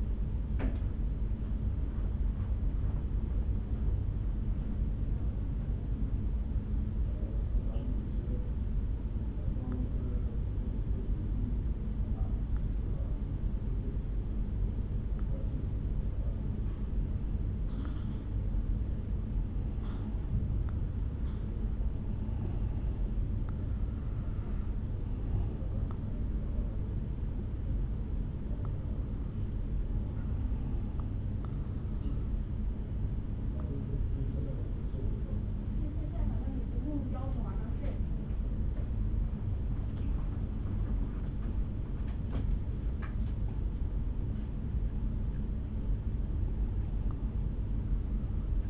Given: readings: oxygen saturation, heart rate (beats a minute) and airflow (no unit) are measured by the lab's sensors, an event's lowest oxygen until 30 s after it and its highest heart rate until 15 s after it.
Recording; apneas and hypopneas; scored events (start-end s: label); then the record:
breathing in sleep by a smartphone at the bedside; 1
0.00-6.00 s: awake
5.00-48.70 s: new sleep stage, N1 (lightest sleep)
6.00-23.00 s: hypopnea (N1, oxygen 94% highest, then 88% lowest, heart rate 59 at the start, 68 highest)
From the record:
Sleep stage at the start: awake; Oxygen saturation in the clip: 88 to 94%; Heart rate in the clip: 57 to 68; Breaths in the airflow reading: 16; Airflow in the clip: -5.5 to 3.6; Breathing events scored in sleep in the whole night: 449 in 7.0 hours asleep